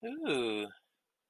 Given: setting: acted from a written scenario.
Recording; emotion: vocal sound without words; contentment